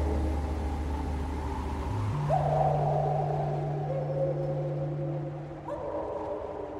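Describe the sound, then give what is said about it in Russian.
Long, drawn-out wolf howls in a cold, snowy forest slide downward in pitch and overlap, with a second howl rising near the end, all over a steady low droning hum of wind. “Купец забрался в дупло столетнего дуба, надеясь хоть немного отдохнуть, но шум ветра и вой волков, а также нестерпимый холод не давали ему заснуть.”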